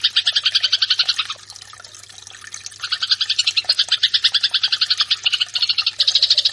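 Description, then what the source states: Eurasian tree sparrow delivering quick chattering chirps that stop for over a second of quiet, then resume in a rapid, slightly uneven series. Fighting (tarung) song style.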